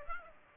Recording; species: mosquito wingbeat signal from an infrared sensor; Aedes aegypti